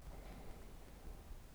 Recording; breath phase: one breath near a microphone; inhalation